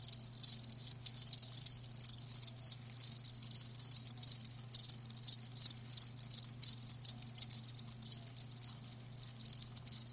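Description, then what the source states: Crickets keep up a steady, fast run of shrill chirps, the bursts packed closely together over a low background hum. Live crickets chirping, a lulling song.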